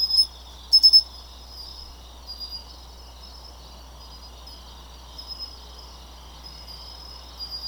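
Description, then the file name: Aomatsumushi tree cricket song: a shrill steady tone with a cluster of loud chirps near the start and softer pulses later. Recorded 3 November 2014. "20141103 A-matumushi"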